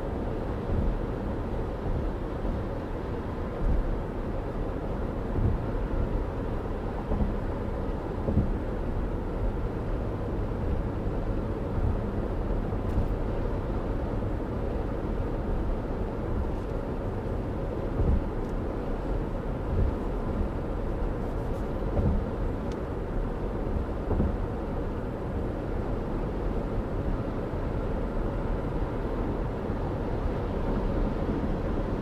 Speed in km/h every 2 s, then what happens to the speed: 113, 113, 113, 113, 113, 114, 116, 116, 114, 116, 116, 116, 116, 114, 114, 114.
0-32 steady at about 114.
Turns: none.